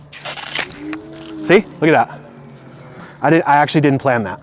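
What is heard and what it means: A quick-connect nozzle tip on a pressure washer gun was put on without seating fully in its coupling, and when the trigger is pulled the tip blows out with a short broadband burst of spray in the first second. The tip never seats or clicks into place. Afterward, someone talks.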